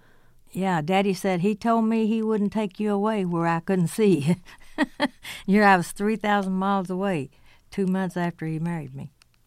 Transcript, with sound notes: Yeah. Daddy said, he told me he wouldn't take you away where I couldn't see you (laughter). And here I was, 3,000 miles away two months after he married me.